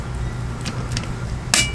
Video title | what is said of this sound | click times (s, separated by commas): CVLife 7075 Aluminum Scope Rings | Hear hear torque wrench clicking? | 1.5 s